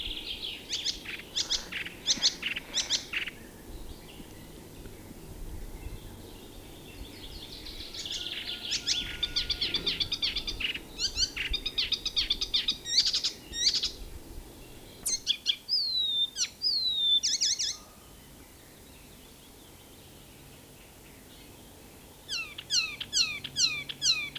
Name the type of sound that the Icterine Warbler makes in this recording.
song